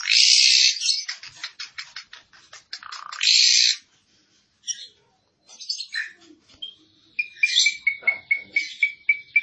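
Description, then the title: Asian pied starling singing harsh, wheezy bursts and clicking notes, then after a short pause a series of bright, evenly spaced whistled notes. Full song with fill-in phrases (full isian song style). "Jalak Suren Full Isian"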